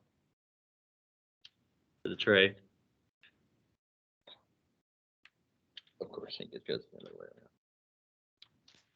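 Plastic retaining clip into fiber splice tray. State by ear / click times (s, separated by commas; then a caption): seated / 8.4 s. An extra plastic retaining clip is pressed into a fiber splice tray while someone talks, with a few faint ticks and taps along the way. The clip clicks in at 8.4 s and is seated.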